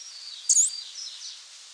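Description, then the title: Bird with one bright, very high chirp followed by faint, thin warbling notes fading out, over a light steady hiss. "LuckyPassaro Completos2Sama"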